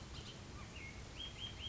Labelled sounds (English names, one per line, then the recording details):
Bullock's Oriole
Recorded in Sonoma County, California